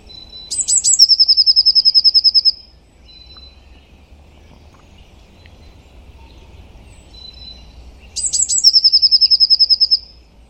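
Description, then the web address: Bird song: three sharp high notes followed by a rapid, even trill, given twice with a quiet pause between. "cianscape birddata Deverinetal 2025 File origin Bird Only Cy Ca"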